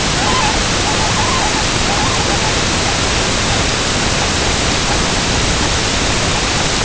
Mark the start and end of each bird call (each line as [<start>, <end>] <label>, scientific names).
[0.12, 3.60] Cygnus columbianus
[4.09, 4.36] Cygnus columbianus
[4.76, 5.08] Cygnus columbianus
[5.47, 5.80] Cygnus columbianus
[6.22, 6.70] Cygnus columbianus